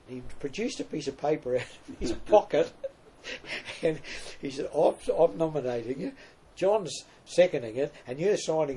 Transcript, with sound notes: He produced a piece of paper out of his pocket [chuckle] and said “I’m nominating you, John’s seconding it, and you’re signing it.